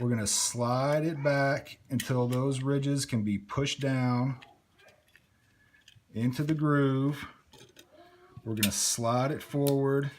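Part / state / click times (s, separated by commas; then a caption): magazine extension base plate onto pistol magazine body / not seated / none. Someone talks while the Tyrant Designs +2 magazine extension base plate for an M&P Shield 9mm is set flush on the pistol magazine body and slid back so its ridges can be pushed down into the magazine's groove, with faint handling ticks in the quieter stretch between 5 and 8 seconds. This is alignment before sliding it forward, and nothing has seated or clicked yet.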